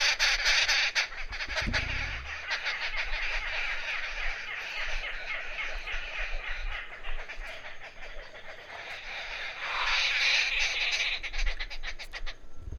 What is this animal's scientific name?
Turdoides jardineii